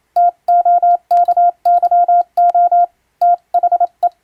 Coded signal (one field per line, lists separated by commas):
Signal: Morse code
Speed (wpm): 27 wpm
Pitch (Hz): 700 Hz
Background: none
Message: TOKYO THE